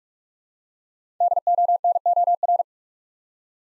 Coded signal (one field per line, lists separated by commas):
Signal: Morse code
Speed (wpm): 45 wpm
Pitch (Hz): 700 Hz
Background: none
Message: DONOR